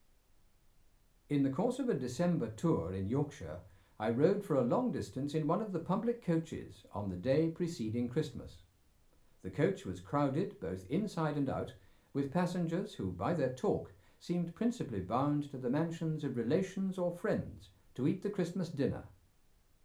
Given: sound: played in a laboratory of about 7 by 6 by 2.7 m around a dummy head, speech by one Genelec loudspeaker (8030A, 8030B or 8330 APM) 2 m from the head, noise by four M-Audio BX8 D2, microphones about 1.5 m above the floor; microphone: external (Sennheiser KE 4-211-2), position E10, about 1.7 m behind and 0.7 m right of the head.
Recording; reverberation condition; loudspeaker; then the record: male speech in English; low; 120 degrees to the right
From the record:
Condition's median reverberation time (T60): about 310 ms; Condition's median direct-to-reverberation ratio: about 3.5 dB